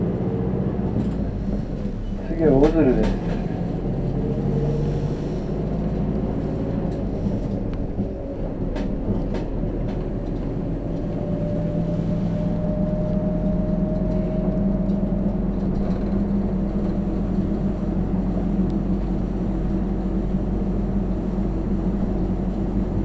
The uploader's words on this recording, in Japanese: 日田彦山線代行バス 大鶴→夜明 久大本線 夜明→日田。